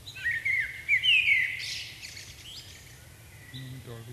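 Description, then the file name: Common blackbird song: a fluted warbling phrase ending in a high squeaky flourish, then quiet. "Turdus merula"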